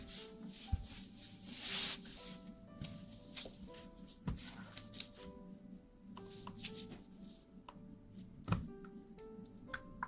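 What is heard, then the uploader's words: Ear cleaning and ear massage sounds: soft rubbing and brushing with frequent sharp taps and clicks, strongest near 4, 5 and 8.5 seconds. A low rumble runs underneath throughout, and faint short tones flicker in the background. ASMR Ear cleaning & Ear massage.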